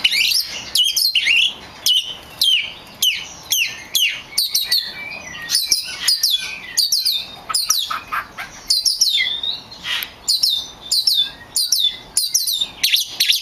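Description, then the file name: Oriental magpie-robin singing steadily: repeated high, downslurred whistles and chips in quick phrases, continuing for over thirteen seconds. Kacer (magpie-robin) of the lutung cebu type. "audio burung kacer lutung cebu. omkicau"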